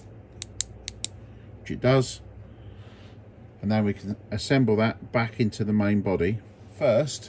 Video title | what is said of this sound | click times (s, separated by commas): Maglite service & Upgrade - Part 2 | your cartridge make sure it clicks she | 0.6 s, 1.0 s